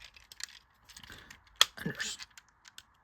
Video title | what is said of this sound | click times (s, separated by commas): Transformers Age of the Primes Commander Class Onslaught - Transformers Review #10 | And they should lock into place. | 1.6 s